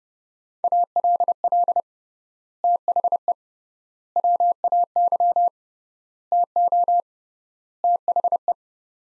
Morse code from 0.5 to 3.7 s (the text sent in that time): ALL THE